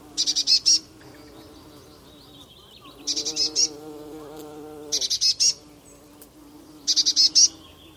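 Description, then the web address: Eurasian blue tit delivering four bursts of fast, scratchy high notes, roughly every two seconds, against a persistent low humming background. "Deverinetal 2025 File origin Bird Only Cy Ca"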